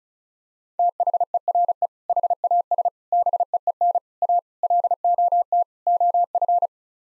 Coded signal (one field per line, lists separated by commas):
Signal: Morse code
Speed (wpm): 34 wpm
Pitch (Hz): 700 Hz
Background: none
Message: THERE HAS BEEN A LOT OF